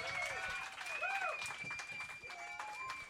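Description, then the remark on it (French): Steady applause from an audience welcoming guest Vincent Richer onto the stage, dense continuous clapping lasting a few seconds, with cheering and whoops rising and falling above the claps. “S'il vous plaît, on peut l'applaudir.”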